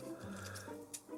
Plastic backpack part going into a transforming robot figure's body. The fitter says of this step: and then like weekend these actually do snap into place